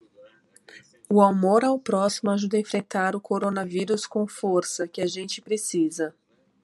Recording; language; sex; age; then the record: spoken sentence; Brazilian Portuguese; female; 30 to 39 years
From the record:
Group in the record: control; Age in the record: 35 years